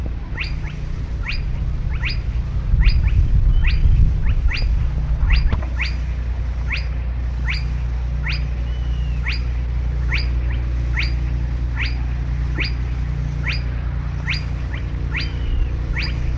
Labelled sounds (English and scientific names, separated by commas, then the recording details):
Spotted Crake (Porzana porzana)
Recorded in the wild
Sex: male
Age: adult
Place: Schelldorfer See, Altmark, Sachsen-Anhalt, DE
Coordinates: 52.47, 11.9542
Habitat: wetland
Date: 1965-07-04 22:00
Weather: keine Angabe
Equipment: Uher 4000 Report-S, Kopie BG 26/1
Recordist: Lippert, Wolfgang